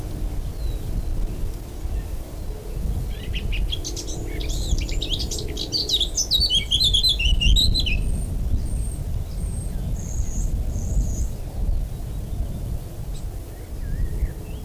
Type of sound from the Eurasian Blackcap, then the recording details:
song. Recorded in the wild. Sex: male. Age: adult. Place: Blankenfelde, Berlin, DE. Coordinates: 52.62, 13.37. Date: 1999-05-02 12:25. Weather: fair, 11 - 15°C. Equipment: Nagra SN, Kopie Uher 4000 Report Monitor. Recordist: Tembrock, Günter. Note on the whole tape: Gesang, mit Elementen der Dorngrasmücke - sehr ungewöhnliche Folgen, zuletzt frei sitzend (vorher an verschiedenen Stellen aufgenommen, immer dasselbe Tier (?). Südöstlich vom Köppchensee